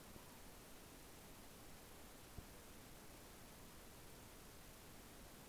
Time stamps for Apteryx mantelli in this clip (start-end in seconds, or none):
none